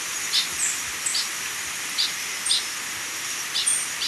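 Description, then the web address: Yellow-collared chlorophonia giving short, high, thin call notes in an irregular series over a steady high whine and background hiss. Recorded in Ecuador. "Birds of Ecuador Yellow-collared Chlorophonia"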